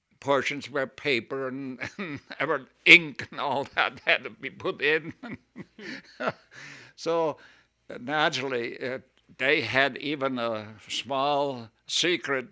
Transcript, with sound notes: portions where paper and ink and all had to be put in. (he laughs) So naturally, they had even a small secret